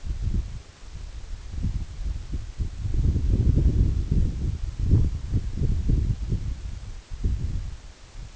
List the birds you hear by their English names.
none